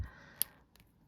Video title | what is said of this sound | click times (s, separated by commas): Spikes, Jolly Ranchers & Sterling! 55+ lb Shopgoodwill Mystery Jewelry Bag 7/8 #shopgoodwill | it snaps right in and what you do is you press this middle lever to release it | 0.4 s